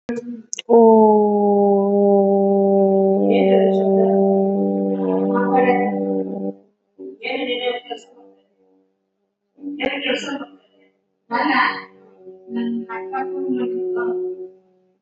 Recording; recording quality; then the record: sustained vowel as in boot; moderate, slight background noise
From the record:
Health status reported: COVID-19 positive, mild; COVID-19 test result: positive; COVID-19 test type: RT-PCR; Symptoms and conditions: cough, cold, sore throat, fatigue, muscle pain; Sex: female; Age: 28 years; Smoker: no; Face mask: worn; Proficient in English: yes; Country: India